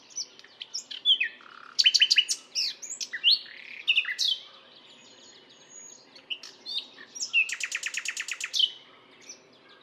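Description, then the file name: Common nightingale song of varied phrases: sharp chirps, clicks and short whistles, ending in a fast, rattling series of repeated notes. "Luscinia megarhynchos"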